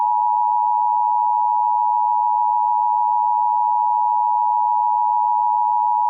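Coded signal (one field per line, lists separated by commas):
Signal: Emergency Alert System (SAME) tones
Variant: 853 and 960 Hz attention tone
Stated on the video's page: Fictional EAS scenario; the alert did not happen in real life.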